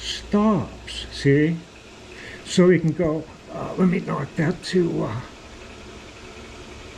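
Someone talks while adjusting the metal carriage stop on a Monarch 10EE lathe to five and a half, before it is pushed into the stop rod. The talking gives way to quiet handling sounds. Nothing has been pushed in or clicked yet.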